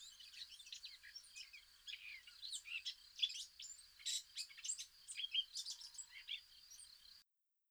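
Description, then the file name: Eurasian blackcap giving a fast, continuous chattering warble of mixed squeaky and scratchy notes for about seven seconds, then stopping abruptly, with a thin steady high tone behind. "Sylvia atricapilla"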